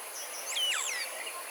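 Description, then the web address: Black saw-wing calls: a quick run of thin, swooping chirps and twittering notes, some sliding down steeply, over a steady high hiss. "Black saw wing. صدای-پرنده-اره-بال-سیاه"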